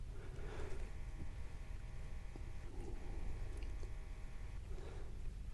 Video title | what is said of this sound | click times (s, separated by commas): Big Dog Motorcycles EHC RIP Install Tutorial Full Harness 2025 | no didn't click that one let's look at why | none